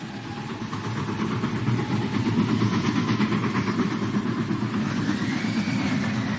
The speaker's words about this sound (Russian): Светлые квадраты окон поезда пронеслись почти у моего плеча.